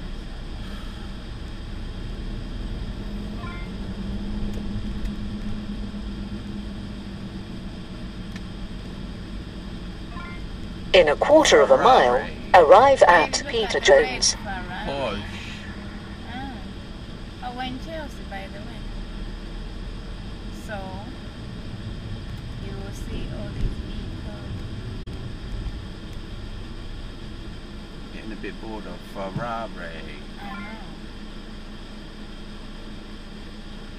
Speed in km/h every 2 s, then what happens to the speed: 15, 21, 27, 23, 23, 23, 19, 21, 18, 19, 19, 18, 15, 6, 0, 0, 0.
0-5 speeds up to 27. 5-27 slows to 0. 27-34 standing.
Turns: none.